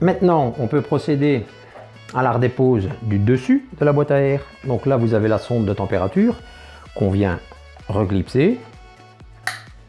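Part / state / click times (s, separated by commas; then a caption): air temperature sensor into motorcycle airbox cover / seated / 9.5 s. On a Honda VFR 1200 motorcycle, the intake air temperature sensor is pushed into its plastic seat on the top of the airbox while someone talks over background music. Its small clip snaps home with a sharp click at 9.5 s, and the sensor is seated.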